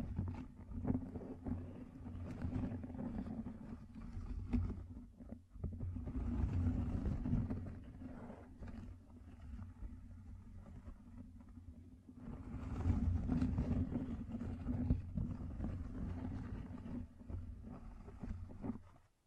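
Gem-covered fingertips tap and scratch in a dense, continuous flurry, with quick clicks and rasping strokes layered over a steady low hum. The activity briefly drops off around five seconds and again near twelve, then resumes just as busily before fading at the end.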